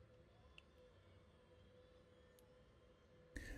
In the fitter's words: you can feel and hear a click as they lock into place